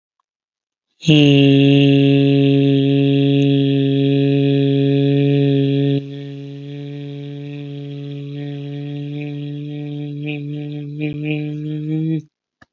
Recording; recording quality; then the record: sustained vowel as in beet; excellent, no background noise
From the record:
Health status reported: healthy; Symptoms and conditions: diabetes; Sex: male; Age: 66 years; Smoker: not ticked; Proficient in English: yes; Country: India